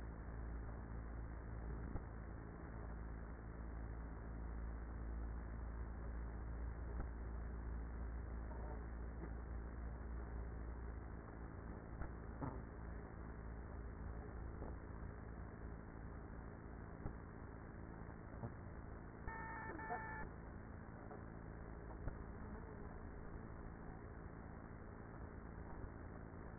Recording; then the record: honeybee colony, microphone inside the hive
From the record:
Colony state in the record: queenless with a low population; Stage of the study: after two queens were removed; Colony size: about 30,000 bees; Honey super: no